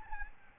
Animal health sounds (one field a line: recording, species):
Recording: mosquito wingbeat signal from an infrared sensor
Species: Aedes albopictus